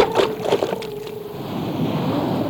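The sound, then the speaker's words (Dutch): A few sharp splashing bursts as Pinocchio jumps into the sea, then a steady, rushing wash of sea waves that carries on to the end. “Daar gaat Pinocchio in de golven van de zee.”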